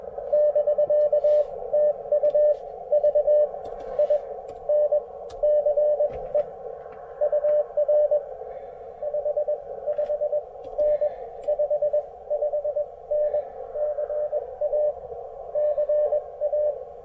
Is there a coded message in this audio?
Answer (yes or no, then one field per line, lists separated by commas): yes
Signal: Morse code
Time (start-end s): 0.3-16.7 s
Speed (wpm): 15 wpm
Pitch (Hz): 600 Hz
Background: radio noise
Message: <BK> TU VINCE UR 55N 55N CA CA